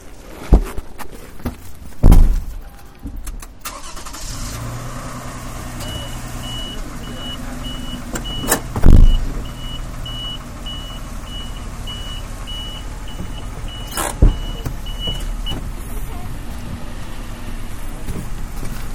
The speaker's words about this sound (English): I'm gonna pull the car forward a little bit, hon, so we can get the back open.